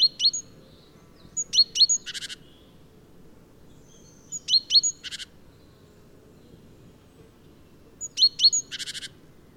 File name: Parus major